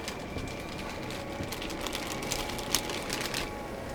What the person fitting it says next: Okay, und da oben ist dann eingerastet.